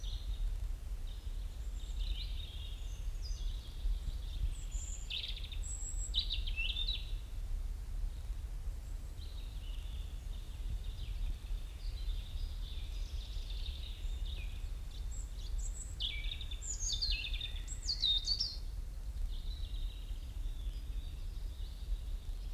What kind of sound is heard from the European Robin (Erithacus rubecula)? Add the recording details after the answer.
song. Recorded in the wild. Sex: male. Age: adult. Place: Mühlenbecker Wald, Brandenburg, DE. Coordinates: 52.6894, 13.395. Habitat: pine and beech stand. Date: 1975-05-11 11:23. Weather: overcast, 20°C, no wind. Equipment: Uher CR 210, Sennheiser MD 421, Verstärker, Kopie Uher 4200. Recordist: Tembrock, Günter. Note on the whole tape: Mühlenbecker Wald/See. Gesang (sitzt auf einer Kiefer), Kiefern- und Buchenbestand